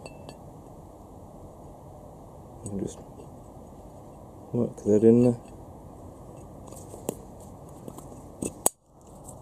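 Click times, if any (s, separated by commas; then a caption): 8.7 s. A metal cam gear is worked onto the end of the camshaft of a Honda Civic B18C4 engine during a build, over the locating pin, while someone talks. Light metallic ticks and scrapes lead up to a loud, sharp snap at 8.7 s as the gear seats into place.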